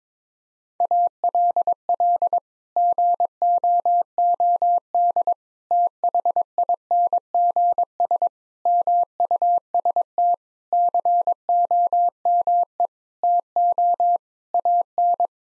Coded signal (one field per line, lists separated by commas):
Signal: Morse code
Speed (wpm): 22 wpm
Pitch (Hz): 700 Hz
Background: none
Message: ALL GOOD THINGS MUST COME TO AN